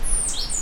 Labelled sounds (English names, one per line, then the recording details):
Stitchbird song
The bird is a male
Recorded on Tiritiri Matangi Island, New Zealand, in 2005
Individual 2, of nest box 2